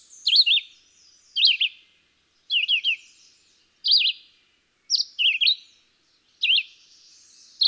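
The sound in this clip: Red-eyed Vireo repeating short choppy whistled phrases roughly once a second, each a fast up-and-down slur.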